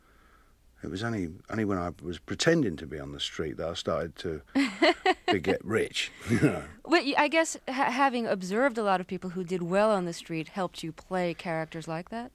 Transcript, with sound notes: It was only when I was pretending to be on the street that I started to get rich, you know.
(LAUGHTER)
But I guess having observed a lot of people who did well on the street helped you play characters like that?